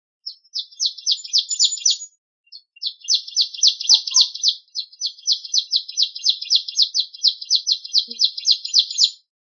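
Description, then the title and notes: Bird song made of fast, high, sharp notes repeated several times per second in long runs, with brief pauses between bursts. Indonesia. "Kicau Burung Indonesia"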